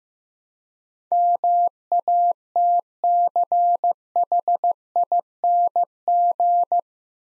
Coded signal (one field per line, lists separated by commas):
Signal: Morse code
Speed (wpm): 15 wpm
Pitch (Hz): 700 Hz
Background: none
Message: MATCHING